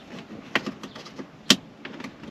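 A pick pushes a plastic retaining tab in the dashboard trim of a Lexus SC430 outward so the dash vent can come out. Sharp plastic clicks ring out at 0.6 s and, loudest, at 1.5 s, among quieter ticks and scrapes, as the vent trim tab clicks and pops free and is released.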